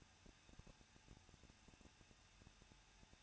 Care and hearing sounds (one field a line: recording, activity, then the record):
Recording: daily activity, microphone in the room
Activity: no activity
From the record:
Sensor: 2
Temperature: 21.0 degrees Celsius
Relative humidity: 37.5%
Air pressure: 1006.2 hPa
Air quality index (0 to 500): 223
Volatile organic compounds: 25 ppm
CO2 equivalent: 2827 ppm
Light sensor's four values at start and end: 2/3/2/2 and 2/3/2/2